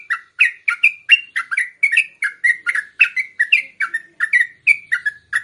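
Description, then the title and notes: Yellow-vented bulbul delivering a lively string of short, slurred chirps at a brisk, steady pace, each note clear and separate. Song styles called tembakan and ropel, used for training songbirds. "MASTERAN Trucukan Tembakan Dan Ropel. BURUNG TRUCUKAN"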